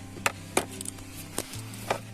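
The upper plastic part of the cabin pollen filter housing behind the glovebox of a Hyundai Getz 1.5 CRDi is being handled and pressed so its protruding tab goes into its slot. Short sharp plastic knocks are heard at about 0.3, 0.6, 0.9, 1.4 and 1.9 s over background music. Nothing has seated or clicked yet.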